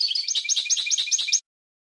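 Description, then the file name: European goldfinch song, a short burst of quick, bright trilling chirps lasting under two seconds before stopping. "audio burung goldfinch"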